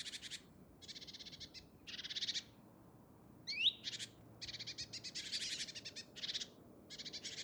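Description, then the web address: Great tit harsh churring calls in rapid rattling bursts, one preceded by a sharp rising note, nearly continuous scolding. "SETE Parus major"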